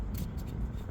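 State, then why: Not seated. The hinged plastic cover on the rear wiper arm base of a 2011–2016 Nissan Juke is being closed by hand after fitting. Soft, steady rustling and scraping are heard, with brief faint taps near 0.2 s and 0.9 s. The cover has not snapped shut yet; nothing has seated or clicked.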